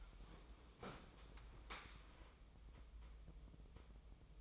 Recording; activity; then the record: daily activity, microphone in the room; sit down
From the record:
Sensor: 1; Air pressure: 1005.2 hPa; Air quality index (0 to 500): 124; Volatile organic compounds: 5 ppm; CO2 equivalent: 1729 ppm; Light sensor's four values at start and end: 11/26/11/11 and 11/27/11/12